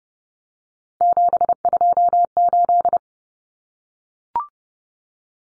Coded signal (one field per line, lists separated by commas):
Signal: Morse code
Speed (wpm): 30 wpm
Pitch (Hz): 700 Hz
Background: none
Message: 728